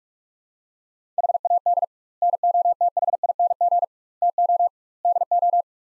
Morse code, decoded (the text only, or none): HAD NOTHING TO DO